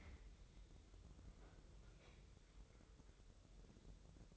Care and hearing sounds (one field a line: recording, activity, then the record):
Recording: daily activity, microphone in the room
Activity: open fridge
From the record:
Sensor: 3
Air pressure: 988.4 hPa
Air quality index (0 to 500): 193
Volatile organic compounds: 288 ppm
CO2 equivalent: 4454 ppm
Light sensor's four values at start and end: 24/75/31/27 and 24/75/31/27